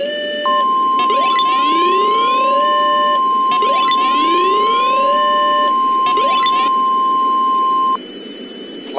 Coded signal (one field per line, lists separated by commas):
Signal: Emergency Alert System (SAME) tones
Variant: 1050 Hz attention tone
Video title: EAS Mock: Too Much Rain